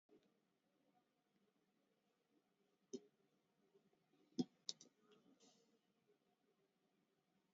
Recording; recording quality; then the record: shallow breathing; poor, much background noise or distortion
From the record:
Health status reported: COVID-19 positive, moderate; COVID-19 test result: positive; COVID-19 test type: RT-PCR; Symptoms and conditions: cough, cold, breathing difficulty, sore throat, fever, fatigue, muscle pain, loss of smell and taste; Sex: female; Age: 46 years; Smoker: no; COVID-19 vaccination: both doses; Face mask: worn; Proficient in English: yes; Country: India